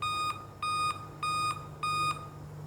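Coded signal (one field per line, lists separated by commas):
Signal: beep code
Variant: Dell laptop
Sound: steady repeating high beeps, about 0.3 s on and 0.3 s off, 4 in view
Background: low hum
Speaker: यह देखिए दोस्तों जैसे ही मैं लैपटॉप को ऑन करता हूं तो इसमें से बीप की वॉइस आने लगेगी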